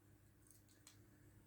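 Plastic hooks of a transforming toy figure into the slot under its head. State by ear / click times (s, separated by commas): not seated / none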